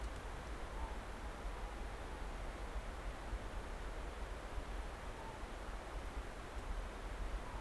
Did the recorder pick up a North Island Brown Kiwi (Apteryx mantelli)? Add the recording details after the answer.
no. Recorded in New Zealand on 10 December 2013. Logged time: 02:28. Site DE65